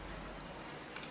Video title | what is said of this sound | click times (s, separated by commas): Ceklist Wajib Sebelum Menerbangkan Drone SJRC F11s 4K Pro | dan ini harus bunyi klek. Nah seperti ini. | 1.0 s